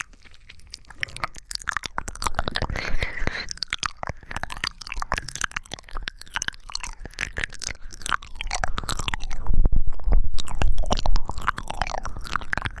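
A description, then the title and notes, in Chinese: Close, wet mouth sounds of a tongue moving and clicking near the ear, dense and irregular, growing louder and fuller after about eight seconds. 舌头在口腔和耳边蠕动~口腔音。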